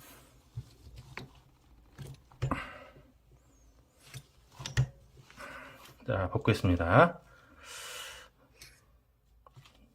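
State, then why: Seated. While a gas fire-suppression solenoid valve is being restored, the valve's actuator part is removed and then pushed back into its housing, with handling clicks and knocks throughout and someone talking. A sharp hit at 9.5 s marks the lock catching, and the actuator seats back in its original position.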